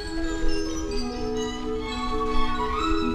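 A cluster of little bells rings together in a steady, shimmering jingle, bright high tones overlapping continuously for a few seconds with no voices.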